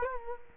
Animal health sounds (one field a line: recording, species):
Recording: mosquito wingbeat signal from an infrared sensor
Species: Culex quinquefasciatus